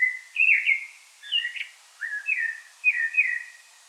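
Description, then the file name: Common blackbird song: a run of short, rich warbled phrases, some with a sharp high note, in a steady series of bursts. "Turdus merula"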